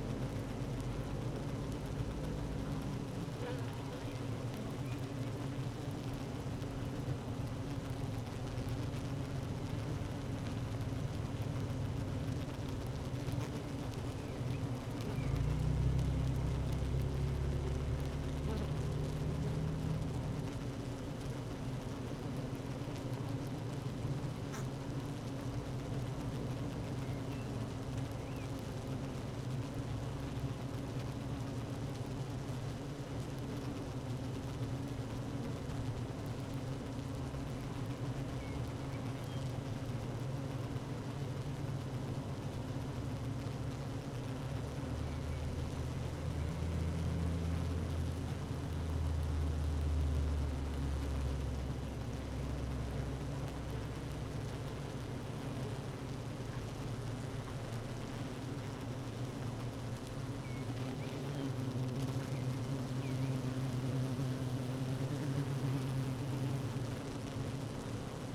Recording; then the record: honeybee colony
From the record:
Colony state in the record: active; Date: 12 June 2018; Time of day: 15:36